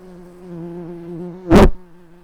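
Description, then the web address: Red-tailed bumblebee buzzing as a steady low hum with a clear overtone, interrupted by a brief loud knock about two-thirds of the way through. Workers. "Lapidarius workers"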